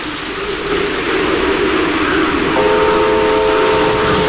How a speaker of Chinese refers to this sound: 不久以后，詹天佑夜以继日赶修的铁路坍塌路段终于重新试车了。 试车。是。